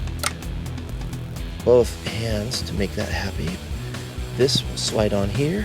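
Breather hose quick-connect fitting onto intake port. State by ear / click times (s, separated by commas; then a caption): not seated / none. A plastic breather hose quick-connect fitting is being worked onto its port on the engine intake of a VW Mk4 R32 with both hands, with a few brief sharp ticks of handling near the start while someone talks over music. The clip ends before the part goes home, so nothing has seated or clicked yet.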